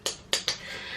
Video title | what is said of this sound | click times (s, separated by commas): Chatting About Self Doubt in Business - Finally Releasing New Bookmarks - Studio Vlog 26 | they are really good M can you hear that click | 0.1 s, 0.3 s